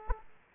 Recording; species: mosquito wingbeat signal from an infrared sensor; Aedes aegypti